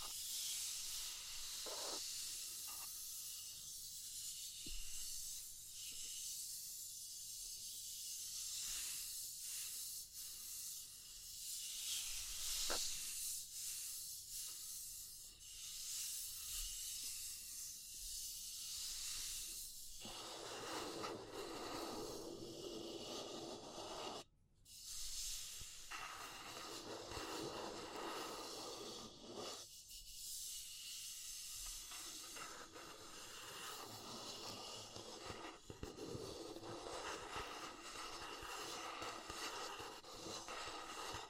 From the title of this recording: Natural Triggers Wood, Bamboo and Straw